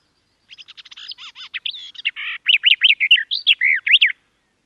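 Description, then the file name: Garden warbler singing one continuous, hurried warble, opening with quick soft notes and building into louder, mellow, rolling phrases for about three and a half seconds. "Canto do felosa das figueiras"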